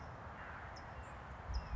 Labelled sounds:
California Towhee (Melozone crissalis)
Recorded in Sonoma County, California

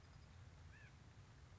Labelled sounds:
White-breasted Nuthatch (Sitta carolinensis)
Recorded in Sonoma County, California

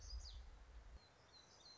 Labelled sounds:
Black-throated Gray Warbler (Setophaga nigrescens)
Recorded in Sonoma County, California

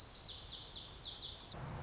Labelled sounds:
Lazuli Bunting (Passerina amoena)
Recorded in Sonoma County, California

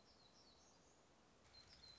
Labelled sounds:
Black-throated Gray Warbler (Setophaga nigrescens)
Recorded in Sonoma County, California

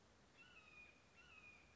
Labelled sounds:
Red-shouldered Hawk (Buteo lineatus)
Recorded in Sonoma County, California

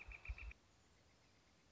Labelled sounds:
Northern Flicker (Colaptes auratus)
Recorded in Sonoma County, California

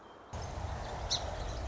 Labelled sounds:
Song Sparrow (Melospiza melodia)
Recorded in Sonoma County, California

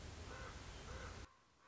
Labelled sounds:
Common Raven (Corvus corax)
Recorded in Sonoma County, California

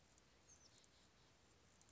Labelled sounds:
Oak Titmouse (Baeolophus inornatus)
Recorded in Sonoma County, California

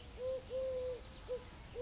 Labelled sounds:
Eurasian Collared Dove (Streptopelia decaocto)
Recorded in Sonoma County, California

